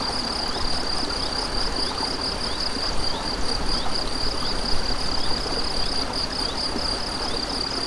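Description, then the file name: High steady cricket song, pulsing evenly the whole time, with a stream burbling loudly in the lower range. Crickets recorded beside a stream on 7 May 2014 with an MZ-N710 recorder. "MZ-N 710 Ruisseau et grillons 7 05 14"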